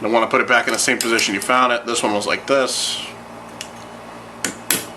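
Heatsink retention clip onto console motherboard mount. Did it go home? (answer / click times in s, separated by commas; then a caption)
yes / 4.7 s. Someone talks while an Original Xbox console's heatsink goes back on after re-pasting, its spring retention clip hooked on one side and pressed down on the other onto the motherboard mount. After a couple of small taps, a sharp click at 4.7 s marks the clip snapping in, and the heatsink is seated.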